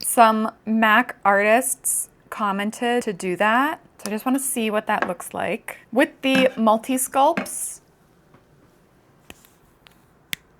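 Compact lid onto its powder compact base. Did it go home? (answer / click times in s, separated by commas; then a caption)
yes / 10.3 s. Someone talks for about eight seconds, then the plastic lid of a powder makeup compact is pressed closed onto its base, with a few faint ticks before a sharp snap at 10.3 s. The crack shows the compact lid is fully closed.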